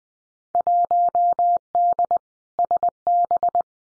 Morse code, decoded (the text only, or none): 1D SB